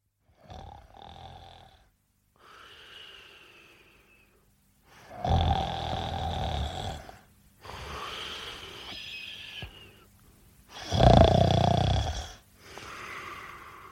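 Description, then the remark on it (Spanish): A man asleep in his bed snores in a run of rough, rattling breaths, some soft and wheezy, others loud and snorting, with short quiet gaps between them and no talking. “Se despertó de un ronquido y se sentó en la cama intentando aclarar su mente.”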